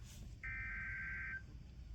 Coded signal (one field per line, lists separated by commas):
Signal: Emergency Alert System (SAME) tones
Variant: header bursts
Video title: ONE OF MY WORST COMPILATIONS OF ALL TIME - EAS Alerts from 04/04/2023-04/05/2023 (EAS #856-885)